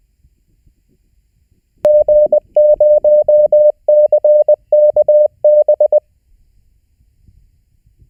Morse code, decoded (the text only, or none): G0CKB